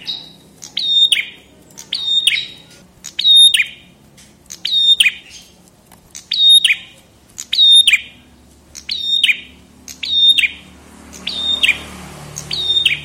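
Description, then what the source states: Tailorbird singing. Piercing, high notes are grouped into a short, emphatic phrase that ends in a buzzy drop, repeated at a fairly steady pace. Light hiss is heard toward the end. Local name prenjak kepala merah; song used for training cage birds (masteran).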